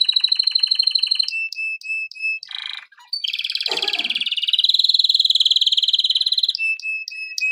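Canary song with fast, high trills in rolling tours, a harsh buzzy burst near the middle, then a long steady rattling trill and quick repeated notes.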